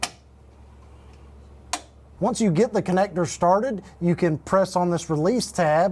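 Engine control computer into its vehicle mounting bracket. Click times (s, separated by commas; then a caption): 0.0 s, 1.7 s. The engine control computer on a 5.3 Chevy Silverado is set bottom-first into the lip of its vehicle mounting bracket, then pushed on the top so the plastic mount clips in. Two sharp clicks sound at 0.0 s and 1.7 s, and the computer is seated. Someone talks afterward.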